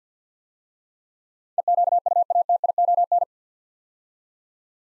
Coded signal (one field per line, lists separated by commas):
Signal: Morse code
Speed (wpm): 46 wpm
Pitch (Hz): 700 Hz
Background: none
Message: EQUATION